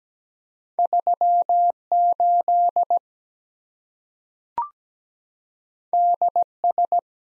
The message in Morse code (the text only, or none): 3 8 D S